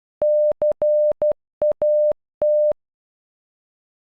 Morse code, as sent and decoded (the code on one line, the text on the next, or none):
-.-. .- -
CAT